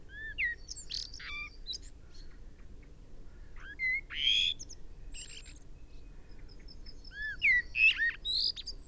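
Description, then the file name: Common blackbird song, short low fluted notes followed by thin high twittering phrases, delivered in separate bursts with pauses between, over a faint steady hum. "Turdus merula"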